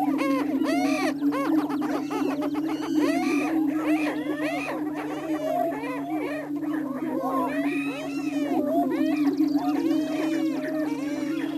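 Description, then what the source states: Greater prairie chickens call together, a deep continuous boom beneath loud, crowded cackling and whooping notes that rise and fall. Missouri.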